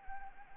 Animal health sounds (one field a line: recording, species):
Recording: mosquito wingbeat signal from an infrared sensor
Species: Anopheles arabiensis